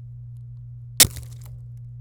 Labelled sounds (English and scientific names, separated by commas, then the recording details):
Domestic Canary (Serinus canaria) song
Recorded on 26 April 2018 at 14:48
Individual llb3